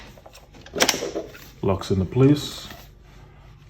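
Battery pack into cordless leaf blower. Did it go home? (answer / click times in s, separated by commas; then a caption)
yes / 0.8 s, 0.9 s. A 20V battery pack is slid onto the battery mount of a Hoto cordless leaf blower and locks into place, giving two loud, sharp hits close together at 0.8 s and 0.9 s. Someone then talks.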